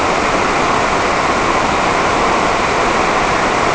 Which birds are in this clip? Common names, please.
none